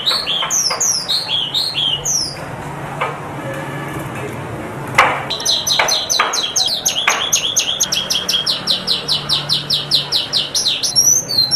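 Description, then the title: Javan bush lark song: high, rapid chirps and downslurred notes, then after a few clicks a long fast run of repeated notes. "Suara Burung Branjangan"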